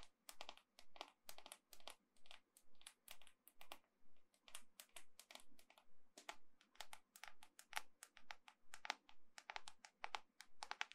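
Gentle tapping in quick, uneven clusters of sharp clicks, each burst lasting a fraction of a second with short pauses between, like fingertips on a hard surface. The taps are crisp and bright and continue steadily for the whole stretch over a soft, low hum.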